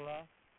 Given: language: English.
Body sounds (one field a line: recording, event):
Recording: throat vibration sensor signal played as sound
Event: speech